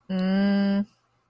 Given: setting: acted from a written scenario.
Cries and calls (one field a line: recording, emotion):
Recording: vocal sound without words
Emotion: confusion